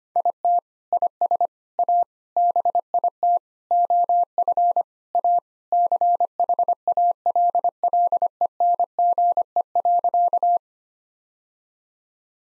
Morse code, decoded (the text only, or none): IT IS A BIT OF A CHALLENGE.